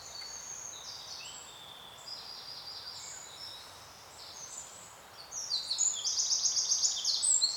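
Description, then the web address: Bird song of high, thin trilled phrases, growing into a loud, rapid rattling trill over the final two seconds. "Soundscape Bird"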